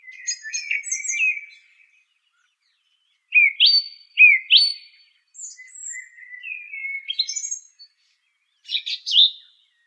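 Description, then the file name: Song thrush song: a twittering phrase, then a rising whistled note sung twice, followed by warbling and a final scratchy burst. "suara kicauan burung song thrush. omkicau"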